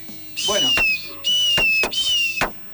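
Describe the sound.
A voice imitates fireworks live on a radio show after a contest winner is announced: three long, high, slowly falling whistles like rising rockets, each cut off by a sharp popping burst, with a few louder bangs in between. No words are spoken.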